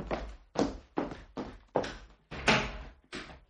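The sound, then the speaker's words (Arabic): A door being opened, heard as a run of about seven heavy, hollow thuds at a fairly steady pace, each with a sharp start and quick fade, with no voices. “ثانية واحدة خليك هنا على ما أفتح الباب.”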